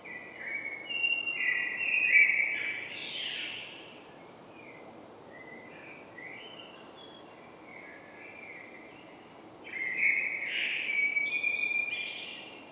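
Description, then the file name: Common blackbird song, a run of varied fluted notes and short warbles, pausing midway, then resuming with louder whistles and a high twittered ending. "Turdus merula"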